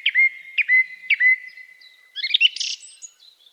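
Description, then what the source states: Song thrush singing, a clear whistled note repeated three times, then a rapid jumble of high chattering notes, quiet background. Melodic song.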